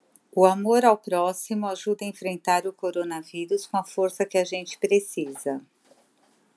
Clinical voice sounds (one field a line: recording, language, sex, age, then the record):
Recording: spoken sentence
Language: Brazilian Portuguese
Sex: female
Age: 50 to 59 years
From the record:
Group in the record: control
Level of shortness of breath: 0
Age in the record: 56 years